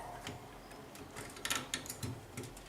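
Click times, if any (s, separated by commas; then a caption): none. A stock Intel CPU cooler's plastic push pin is handled at a motherboard mounting hole, with a low steady background and several short, sharp ticks, the loudest around 1.5 and 1.7 seconds. The clip ends before the pin is pressed home, and nothing has seated or clicked yet.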